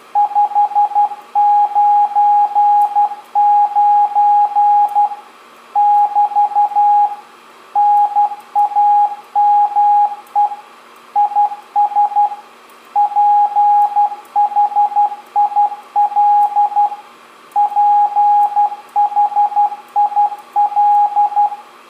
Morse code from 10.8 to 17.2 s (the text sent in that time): IS PHIL